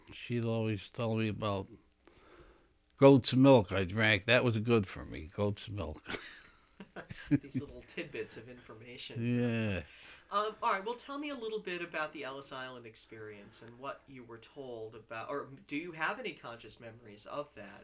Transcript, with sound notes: She'd always tell me about goat's milk I drank. That was good for me, goat's milk. (he laughs)
These little tidbits of information.
Yeah.
All right, well, tell me a little bit about the Ellis Island experience and what you were told, or do you have any conscious memories of that?